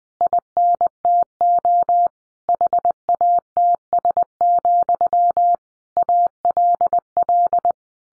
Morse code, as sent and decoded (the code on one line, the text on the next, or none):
.. -. - --- / .... .- - ... --..-- / .- .-.. .-..
INTO HATS, ALL